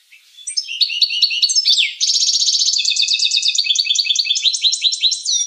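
Finch song, high-pitched and continuous, opening with scattered chips and building into a long rapid trill of repeated notes.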